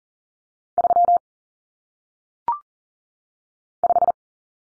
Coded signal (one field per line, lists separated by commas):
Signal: Morse code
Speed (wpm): 39 wpm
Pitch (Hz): 700 Hz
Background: none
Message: 3 5